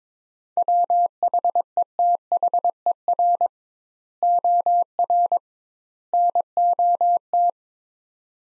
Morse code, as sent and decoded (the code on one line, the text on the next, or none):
.-- .... . - .... . .-. / --- .-. / -. --- -
WHETHER OR NOT